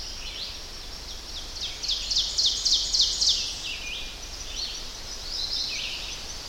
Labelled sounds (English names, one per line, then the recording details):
Ovenbird song
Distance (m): 35 m
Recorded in boreal forest in Alberta, Canada, on 10 June 2016 at 05:52
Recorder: SongMeter 3, array SBT-3-39
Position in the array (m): 208 m, 164 m
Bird 17